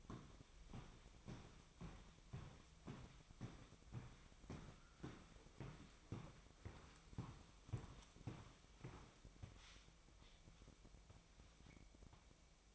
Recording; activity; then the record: daily activity, microphone in the room; walk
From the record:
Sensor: 1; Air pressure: 1001.7 hPa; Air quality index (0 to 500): 221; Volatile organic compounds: 30 ppm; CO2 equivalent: 2956 ppm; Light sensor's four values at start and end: 9/33/12/13 and 9/33/12/14